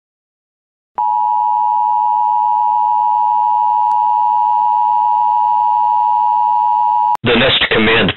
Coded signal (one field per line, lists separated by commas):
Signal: Emergency Alert System (SAME) tones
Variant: 853 and 960 Hz attention tone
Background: speech